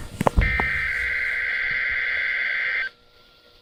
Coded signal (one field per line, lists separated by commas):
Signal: Emergency Alert System (SAME) tones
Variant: header bursts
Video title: NOAA EAS RWT #4